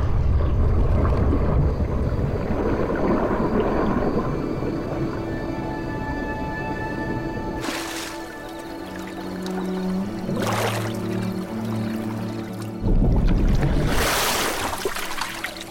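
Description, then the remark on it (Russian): Water splashes and swishes as a woman swims in a pool, a steady rushing wash broken by several louder splashing bursts toward the end, with faint sustained tones underneath. “Подойдя к бассейну, с нежностью смотрит на плавающую жену.”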